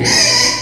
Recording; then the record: squeal of a Yucatan mini pig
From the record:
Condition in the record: before surgery on the right vocal fold (resection and tissue-engineered implant); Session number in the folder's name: 2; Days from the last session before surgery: 0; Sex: male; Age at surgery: 12 weeks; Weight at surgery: 13 kg